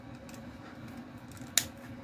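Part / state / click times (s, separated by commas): attachment head into hot-air hair styler handle / seated / 1.6 s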